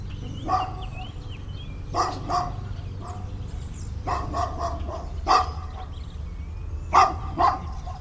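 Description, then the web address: Dog barks singly and in short bursts, irregularly spaced, while thin bird chirps and whistles sound in the background over a low rumble. Suburban morning ambience with dogs and birds. "Suburban morning dogs birds. boom library Urban and Suburban"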